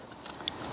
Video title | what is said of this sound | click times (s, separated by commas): Fitting TwoNav RAM Compact Bike Handlebar mount | just get that on the top it's just a little bit awkward when you first get this to come through and I can just hear a little click there now | 0.5 s